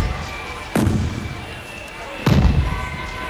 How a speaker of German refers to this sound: Böllerschüsse.